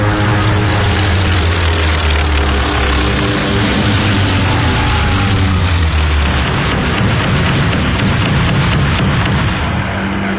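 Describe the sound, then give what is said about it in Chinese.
Propeller engines of a torpedo bomber of the US Eighth Torpedo Squadron, flown by Ensign George Gay, diving toward the Japanese fleet, roar continuously, a loud, gritty drone whose harmonics shift and slide in pitch as it goes, with rough rumbling and no voices. “首先起飞的是第八鱼雷轰炸机中队。”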